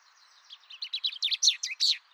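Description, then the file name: Common chaffinch song, a short run of bright notes that grows louder and ends in a brief flourish, with faint background hiss. "Fringilla coelebs"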